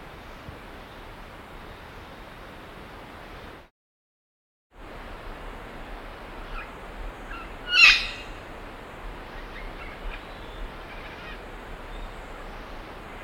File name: imperial parrot